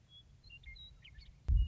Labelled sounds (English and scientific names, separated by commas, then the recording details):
Western Meadowlark (Sturnella neglecta)
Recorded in Sonoma County, California